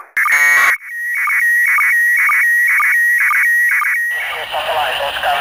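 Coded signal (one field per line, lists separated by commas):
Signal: SSTV (slow-scan television)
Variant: PD 120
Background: speech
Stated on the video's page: SSTV from the International Space Station during a school contact, received on 145.800 MHz FM over Europe.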